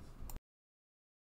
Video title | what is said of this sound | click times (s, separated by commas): Nvidia GTX 1650 Super in a Dell Optiplex 7040 - Best Optiplex Gaming PC for 2020! | get it lined up and slide it until the clip locks into place and | 0.3 s